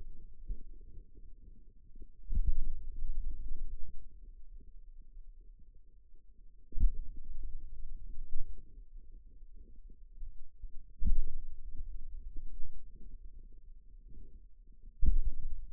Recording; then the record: forearm muscle sounds (acoustic myography)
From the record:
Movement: pen grasping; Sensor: system 2, bracelet of six BSWA MPA416 microphones around the upper forearm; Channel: 5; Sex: male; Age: 22 years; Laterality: right